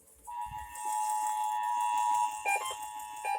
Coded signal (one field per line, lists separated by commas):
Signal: Emergency Alert System (SAME) tones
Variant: 853 and 960 Hz attention tone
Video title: EASyPLUS SPOTTED! EAS Tests from September 2023